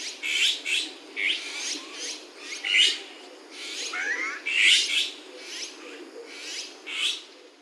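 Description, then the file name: Azure-winged magpie calls, a series of harsh, grating rasps roughly every half second to second, some rising, with a constant low hiss behind. Recorded in Saitama city, Japan, on 23 August 2021. "オナガ 210823 さいたま市"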